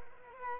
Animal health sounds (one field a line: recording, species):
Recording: mosquito wingbeat signal from an infrared sensor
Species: Culex quinquefasciatus